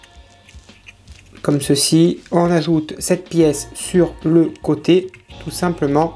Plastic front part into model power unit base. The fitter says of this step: vient se clipser pareil comme